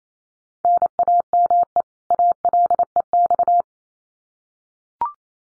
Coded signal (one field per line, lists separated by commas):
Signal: Morse code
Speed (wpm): 28 wpm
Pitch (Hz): 700 Hz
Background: none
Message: NAME ALEX